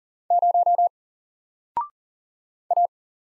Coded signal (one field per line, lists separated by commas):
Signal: Morse code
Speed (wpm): 40 wpm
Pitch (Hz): 700 Hz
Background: none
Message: 0 A